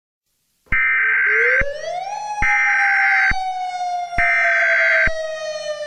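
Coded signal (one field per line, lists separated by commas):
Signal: Emergency Alert System (SAME) tones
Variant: header bursts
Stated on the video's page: Fictional EAS scenario, simulated.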